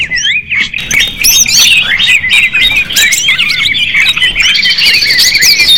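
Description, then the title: Leafbird singing a fast, chattering medley of bright chirps and slurred whistles, running on steadily throughout. "CUCAK IJO"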